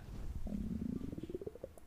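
A low, gurgling rumble from an adult's stomach, lasting under two seconds. It starts as a deep growl and breaks into a quick run of bubbling pulses that rise in pitch toward the end. This is audible stomach rumbling (borborygmus), the sound of gas and fluid moving through the gut.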